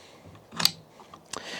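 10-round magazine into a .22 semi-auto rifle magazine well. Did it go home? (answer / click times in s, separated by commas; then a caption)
yes / 0.7 s. A 10-round magazine is pushed into the magazine well of a Mossberg 702 Plinkster .22 semi-auto rifle, with a brief scraping rise before it latches with a sharp metallic click at 0.7 s. Fainter ticks follow at 1.1 s and another click at 1.3 s. The magazine is seated and locked in place.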